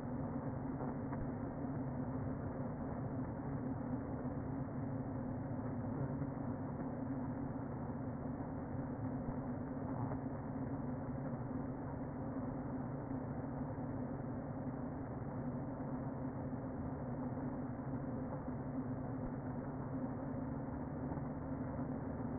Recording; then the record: honeybee colony, microphone inside the hive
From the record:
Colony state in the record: queen present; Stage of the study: before two queens were removed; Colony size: about 60,000 bees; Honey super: yes